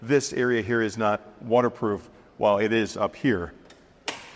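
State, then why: Seated. Someone talks, and then the storage lid on the rear bumper compartment of a 2025 Airstream Caravel travel trailer is lowered and latched closed. A sharp hit is heard at 4.1 s as the lid shuts, and it is locked in place.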